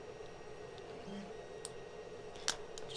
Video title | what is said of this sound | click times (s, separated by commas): How To Fully Build 3D Printed Hands | make sure you hear it click and there you go | 2.5 s